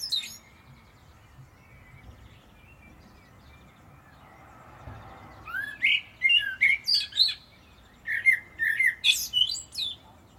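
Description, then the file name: Common blackbird delivering two quick phrases of fluted whistles that slide into squeaky high twitters, after several seconds of near silence. "Turdus merula"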